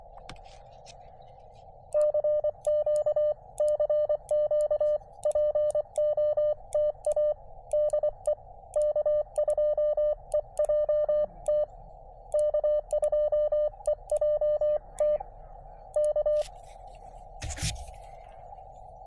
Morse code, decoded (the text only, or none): CQ CQ POTA DE K2EJT K2EJT K